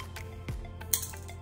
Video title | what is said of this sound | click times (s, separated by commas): How to Hang Curtains with COMMAND HOOKS - No Hammer, No drill, Nails, Holes or a Man needed!! | and then you hear a click right you press | 0.9 s